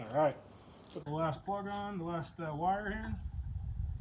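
The last spark plug wire boot is being handled and brought to its spark plug on a Yamaha outboard while someone talks throughout. Only the voice and faint low background noise are heard. Nothing has seated or clicked yet; the clip ends before the boot goes home.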